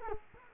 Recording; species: mosquito wingbeat signal from an infrared sensor; Culex quinquefasciatus